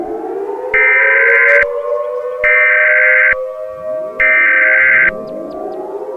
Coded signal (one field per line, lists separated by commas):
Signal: Emergency Alert System (SAME) tones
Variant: header bursts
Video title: EAS Scenario #6: The Halloween Entities (Chapter II)